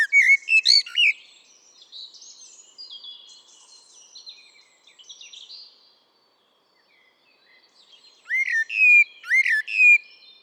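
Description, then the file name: Eurasian blackbird singing a short mellow warbled phrase with a shrill twittered tail, a quiet gap with soft chirps, then another fluted phrase near the end. "Turdus merula"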